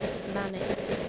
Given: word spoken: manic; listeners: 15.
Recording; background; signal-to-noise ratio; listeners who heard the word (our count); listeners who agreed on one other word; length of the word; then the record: one English word in noise, from a listening test; noise modulated by three-talker babble; -3.8 dB; 2 of 15; 9 of 15; 0.69 s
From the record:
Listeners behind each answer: 9, 3, 2, 1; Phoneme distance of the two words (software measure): 10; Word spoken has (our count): 2 syllables, 5 phonemes, stress on syllable 1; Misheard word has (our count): 2 syllables, 5 phonemes, stress on syllable 1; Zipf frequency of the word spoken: 3.43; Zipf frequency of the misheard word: 4.62